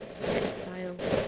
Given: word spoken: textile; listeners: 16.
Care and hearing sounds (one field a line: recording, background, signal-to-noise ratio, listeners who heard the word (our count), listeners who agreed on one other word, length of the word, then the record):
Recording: one English word in noise, from a listening test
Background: noise modulated by three-talker babble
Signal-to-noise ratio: -7.1 dB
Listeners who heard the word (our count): 3 of 16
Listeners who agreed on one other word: 7 of 16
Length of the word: 0.88 s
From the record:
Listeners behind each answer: 7, 3, 1, 1, 1, 1, 1, 1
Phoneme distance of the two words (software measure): 14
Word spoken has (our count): 2 syllables, 7 phonemes, stress on syllable 1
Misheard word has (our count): 2 syllables, 5 phonemes, stress on syllable 1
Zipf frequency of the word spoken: 3.34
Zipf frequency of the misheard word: 3.51